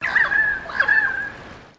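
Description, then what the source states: Pied currawong giving a loud, ringing, drawn-out call held on a fairly steady pitch with a slight wavering break midway, fading out at the end. Australian bird.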